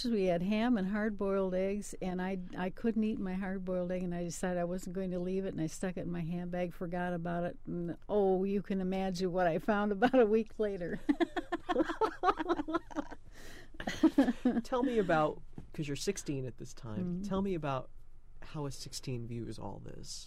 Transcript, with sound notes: We had ham and hardboiled eggs and I — I couldn't eat my hardboiled egg and I decided I wasn't going to leave it and I stuck it in my hand bag and forgot about it and oh — you can imagine what I found about a week later. [Laughs]
Tell me about, 'cause your sixteen at this time, tell me about how a "Sixteen" views all this.